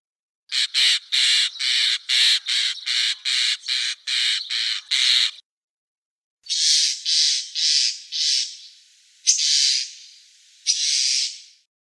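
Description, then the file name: Common starling harsh calls: a quick series of many rasping, buzzy notes, a short gap, then several hoarse screeches. "Skvorec obyknovennyj Sturnus vulgaris - (Zvyki com)"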